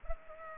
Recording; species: mosquito wingbeat signal from an infrared sensor; Culex pipiens